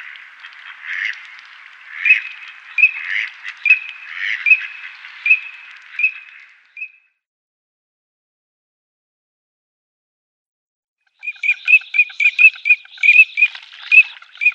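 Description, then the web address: Eurasian teal giving a series of short, high whistled notes over a softer rustling background, then a silent gap before a denser run of notes resumes. Display calls of the common teal. "Schulze Peter Common Teal display"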